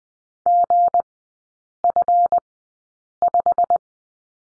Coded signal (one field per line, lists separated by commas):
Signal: Morse code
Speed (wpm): 20 wpm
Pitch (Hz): 700 Hz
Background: none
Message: GF5